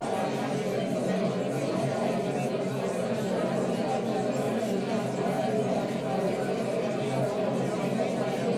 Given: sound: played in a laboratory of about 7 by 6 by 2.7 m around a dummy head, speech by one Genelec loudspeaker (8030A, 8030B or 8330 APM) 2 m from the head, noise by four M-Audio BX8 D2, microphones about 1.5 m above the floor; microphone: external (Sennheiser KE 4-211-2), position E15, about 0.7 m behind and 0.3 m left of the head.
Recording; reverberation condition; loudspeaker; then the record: babble noise; low; four, about 170 cm from the corners of the room and facing them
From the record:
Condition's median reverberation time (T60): about 310 ms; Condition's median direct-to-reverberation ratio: about 3.5 dB